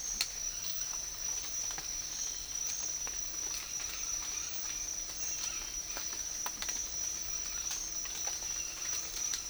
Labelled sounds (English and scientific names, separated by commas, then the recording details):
none
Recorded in dense forest near Puerto Asís, Putumayo, Colombia, on 19 March 2025 at 06:30
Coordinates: 0.503, -76.323
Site GP09